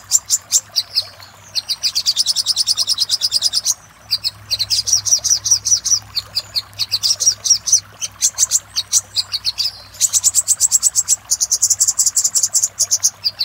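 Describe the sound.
Little spiderhunter song: long runs of rapid, high, sharp chipping notes, broken by brief pauses and then sped into dense trills, over a faint low hum.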